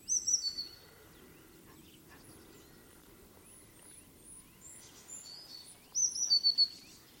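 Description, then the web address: Eurasian blue tit calling, short high thin note clusters at the start and again near the end, with scattered faint high chirps and steady background hiss between. "cianscape birddata Deverinetal 2025 File origin Bird Only Cy Ca"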